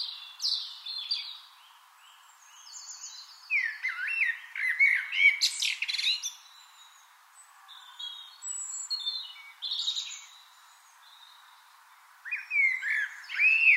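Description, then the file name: Eurasian blackbird singing several phrases of low fluty warbling and squeaky high twittering, with gaps between phrases. "Turdus merula"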